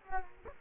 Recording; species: mosquito wingbeat signal from an infrared sensor; Culex quinquefasciatus